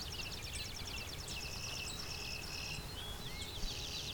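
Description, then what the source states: Clay-colored Sparrow giving rapid buzzy trilled phrases, one after another, with a short rising whistle and steady low noise. One bird singing about 20 feet in front of the recordist, late June morning, hydro corridor near Westover, Ontario, open thicket of field and shrubs; low-pitched song hard to hear even up close.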